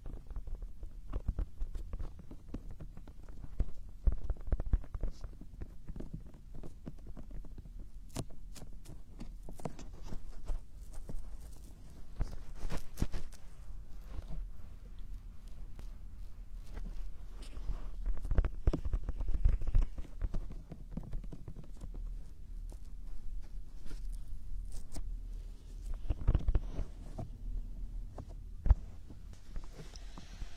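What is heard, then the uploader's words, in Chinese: Ear cleaning, heard as dense, irregular scratching and crackling with a steady low rumble underneath. Sharp clicks and scrapes come in quick, uneven bursts throughout, growing busier around 8–13 seconds and again near 18–20 and 26–28 seconds. 掏耳朵。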